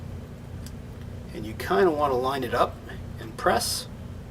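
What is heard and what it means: A plastic transmitter for a Guardian Sensor 3 used with a Medtronic insulin pump is lined up with the glucose sensor base already inserted on the skin and pressed toward it. Someone talks over a low background hum, and a faint short tick sounds near 0.7 s. Nothing has seated or clicked yet.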